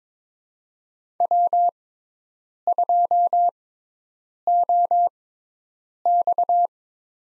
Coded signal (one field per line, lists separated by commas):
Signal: Morse code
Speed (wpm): 22 wpm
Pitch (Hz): 700 Hz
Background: none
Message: W2OX